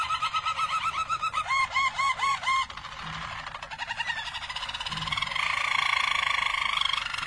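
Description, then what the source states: Harz Roller canary song: a series of repeated arched whistled notes, about four per second, merging into rolling trills. Harz Roller canary, described as a Belgian canary; its song.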